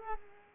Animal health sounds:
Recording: mosquito wingbeat signal from an infrared sensor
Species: Culex pipiens

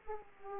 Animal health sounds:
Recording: mosquito wingbeat signal from an infrared sensor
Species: Aedes aegypti

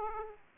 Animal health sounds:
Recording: mosquito wingbeat signal from an infrared sensor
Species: Aedes aegypti

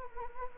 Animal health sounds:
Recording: mosquito wingbeat signal from an infrared sensor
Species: Anopheles gambiae

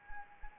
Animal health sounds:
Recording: mosquito wingbeat signal from an infrared sensor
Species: Anopheles arabiensis

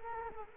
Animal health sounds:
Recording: mosquito wingbeat signal from an infrared sensor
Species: Culex quinquefasciatus

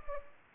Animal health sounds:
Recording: mosquito wingbeat signal from an infrared sensor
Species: Anopheles gambiae

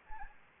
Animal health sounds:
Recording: mosquito wingbeat signal from an infrared sensor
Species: Anopheles gambiae

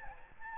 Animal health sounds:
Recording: mosquito wingbeat signal from an infrared sensor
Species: Aedes albopictus

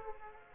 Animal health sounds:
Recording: mosquito wingbeat signal from an infrared sensor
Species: Aedes aegypti

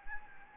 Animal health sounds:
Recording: mosquito wingbeat signal from an infrared sensor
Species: Anopheles gambiae

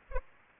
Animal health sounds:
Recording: mosquito wingbeat signal from an infrared sensor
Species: Aedes aegypti

